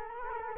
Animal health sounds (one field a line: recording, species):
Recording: mosquito wingbeat signal from an infrared sensor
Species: Culex quinquefasciatus